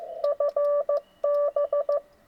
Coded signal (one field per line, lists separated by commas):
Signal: Morse code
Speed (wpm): 15 wpm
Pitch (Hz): 580 Hz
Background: none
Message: FB